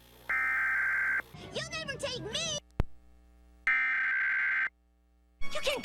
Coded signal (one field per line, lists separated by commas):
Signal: Emergency Alert System (SAME) tones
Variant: header bursts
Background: speech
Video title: eas alarm